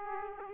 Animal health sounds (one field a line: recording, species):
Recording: mosquito wingbeat signal from an infrared sensor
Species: Aedes aegypti